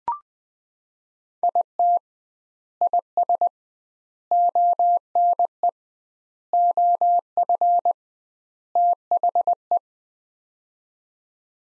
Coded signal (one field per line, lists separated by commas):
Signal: Morse code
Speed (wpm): 20 wpm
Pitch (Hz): 700 Hz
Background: none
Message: IT IS ONE OF THE